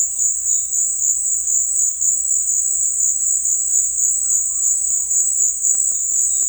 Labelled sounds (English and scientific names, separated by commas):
Purple-throated Fruitcrow (Querula purpurata)